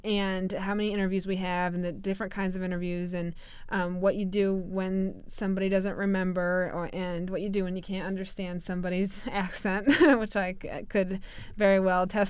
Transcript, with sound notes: and how many interviews we have and the different kinds of interviews and what you do when somebody doesn't remember and what you do when you can't understand somebody's accent, (she laugh) which I could very well attest to.